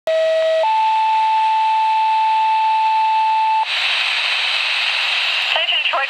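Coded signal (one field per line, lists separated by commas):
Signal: two-tone page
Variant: Motorola Minitor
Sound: short low tone, then longer higher steady tone, then radio hiss and noise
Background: radio static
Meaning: Activates pagers to alert first responders to a call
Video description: Here is Troy Grove first responders getting paged for the ambulance call.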